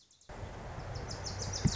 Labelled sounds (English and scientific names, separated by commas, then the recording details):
Wilson's Warbler (Cardellina pusilla)
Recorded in Sonoma County, California